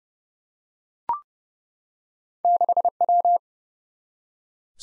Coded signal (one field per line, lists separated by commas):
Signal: Morse code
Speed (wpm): 30 wpm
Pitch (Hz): 700 Hz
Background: none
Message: 6W